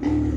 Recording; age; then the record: pig call; growing-finishing pig (85 days or more)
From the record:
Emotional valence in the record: negative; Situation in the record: barren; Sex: female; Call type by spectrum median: low-frequency call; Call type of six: low-frequency modulated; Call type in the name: low-frequency stable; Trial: 1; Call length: 0.38 s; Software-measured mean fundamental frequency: 44 Hz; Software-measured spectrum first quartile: 109 Hz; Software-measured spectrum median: 253 Hz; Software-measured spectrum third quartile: 328 Hz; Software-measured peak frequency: 292 Hz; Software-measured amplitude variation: 155 dB a second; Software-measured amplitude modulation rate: 26.7 a second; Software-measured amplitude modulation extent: 5.8 dB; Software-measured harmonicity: 3.5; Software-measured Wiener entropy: -0.88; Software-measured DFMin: 1151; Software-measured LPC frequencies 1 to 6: 307, 891, 1975, 2901, 3876, 4877 Hz